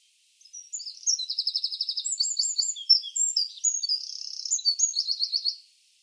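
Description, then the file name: Eurasian wren song: a burst of high, rapid notes with an even trill early, varied twitters, a buzzy section and a final rattle. "Troglodytes troglodytes"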